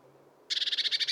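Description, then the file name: Eurasian blue tit giving a churring call, a rapid buzzy rattle of about a dozen scratchy notes after a brief quiet start. "Cyanistes caeruleus"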